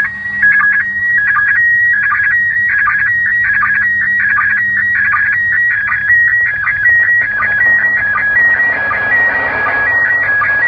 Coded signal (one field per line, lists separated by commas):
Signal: SSTV (slow-scan television)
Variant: PD 180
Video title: Receiving SSTV from International Space Station!